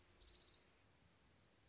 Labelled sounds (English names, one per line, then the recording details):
Orange-crowned Warbler
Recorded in Sonoma County, California